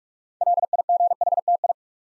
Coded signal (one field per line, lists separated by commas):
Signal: Morse code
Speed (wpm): 44 wpm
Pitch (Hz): 700 Hz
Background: none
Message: LIGHTI